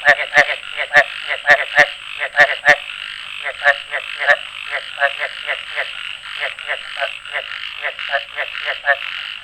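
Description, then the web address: Frog calls: a fast run of short, pulsed notes, several per second, louder at first and then softer and more irregular. A faint steady high whine runs beneath for most. Recorded on 14 July 2013. "frog rec 20130714"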